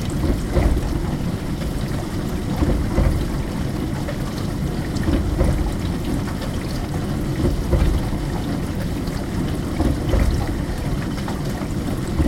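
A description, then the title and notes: A dishwasher runs with a dense, steady low rush of churning water, brighter splashes and trickles surfacing irregularly every second or two throughout. Dishwasher. White noise and water sounds.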